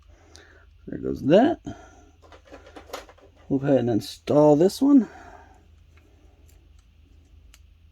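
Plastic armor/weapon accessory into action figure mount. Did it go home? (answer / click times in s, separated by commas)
no / none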